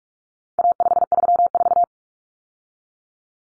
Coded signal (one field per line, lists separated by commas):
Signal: Morse code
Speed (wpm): 44 wpm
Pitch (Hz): 700 Hz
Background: none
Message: A534